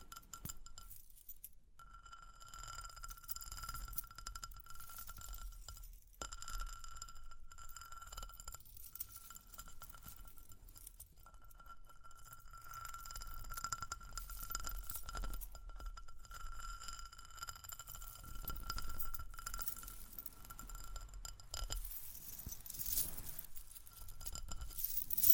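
Soft scratching and tapping run through the clip alongside a clear, ringing jingle that sounds like glass or small chimes and sustains for stretches with brief breaks. The scratchy rustle grows busier and brighter near the end, around 22 to 25 seconds.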